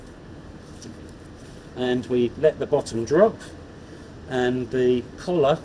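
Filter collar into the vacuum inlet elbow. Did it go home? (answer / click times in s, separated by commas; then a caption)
no / none. A filter bag assembly is laid gently into the body of a DV80 vacuum and its bottom is let drop, with the collar being lowered toward the inlet elbow before it is locked. Someone talks over a low, steady background hum. Nothing has seated or clicked yet.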